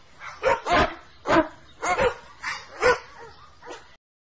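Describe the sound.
Dog barking: a run of several sharp barks over about four seconds, then it stops.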